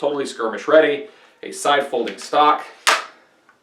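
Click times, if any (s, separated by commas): 2.9 s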